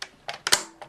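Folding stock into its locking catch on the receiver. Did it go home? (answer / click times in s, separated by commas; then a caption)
yes / 0.5 s. The metal folding stock of an AGM MP40 airsoft replica is swung over to the front and into its locking catch on the receiver. Light handling clicks at about 0.0 and 0.3 s lead to a sharp double metallic snap at 0.5 s as it locks into place easily, followed by a fainter click at 0.8 s.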